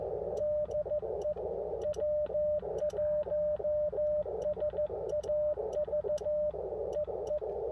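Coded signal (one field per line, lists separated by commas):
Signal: Morse code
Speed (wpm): 15 wpm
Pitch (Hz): 600 Hz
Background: radio noise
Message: DE W1SAV EE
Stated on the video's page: Park activation operated from inside a car, using a Chameleon LZ Sloper antenna.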